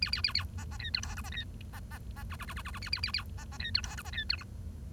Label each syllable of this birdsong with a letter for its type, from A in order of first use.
A A A A B B C D E F B C B B B G G G G G G A A A A B B C D E F B C D H